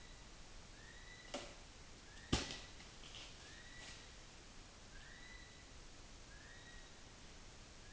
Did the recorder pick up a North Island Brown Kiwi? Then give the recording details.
yes. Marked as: faintness 3/5. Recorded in New Zealand on 16 June 2014. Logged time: 02:19